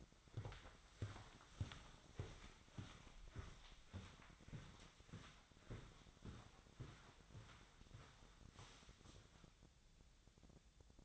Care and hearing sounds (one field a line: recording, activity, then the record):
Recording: daily activity, microphone in the room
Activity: walk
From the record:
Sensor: 3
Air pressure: 1009.3 hPa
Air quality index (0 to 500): 194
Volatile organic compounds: 4 ppm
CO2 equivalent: 1568 ppm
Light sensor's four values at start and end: 58/150/66/69 and 56/143/64/66